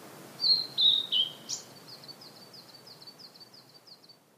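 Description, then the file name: Blue-and-white flycatcher song: three loud, slightly falling whistles, then a sharp note and a run of about ten soft, evenly repeated notes. "oruri"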